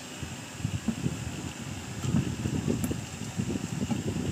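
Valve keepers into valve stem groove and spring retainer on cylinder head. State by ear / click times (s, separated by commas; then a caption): seated / 2.8 s. During cylinder head reconditioning, a valve spring is compressed and released so the steel valve keepers (cotters) lock into the groove of the valve stem under the spring retainer. Over a steady low rumble with faint rustling, a short sharp click at 2.8 s marks the keepers seating. They lock in place, sitting flat and even.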